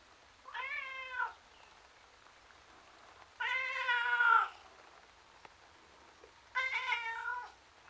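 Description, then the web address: Domestic cat meowing three times, each call wavering and lasting about a second, the middle one longest and loudest, separated by gaps of about two seconds. Male tom cat, outdoors, sounding miserable. "The BBC Sound Effects Library - Complete 60 CDs Collection. Miserable Tom Cat Outside"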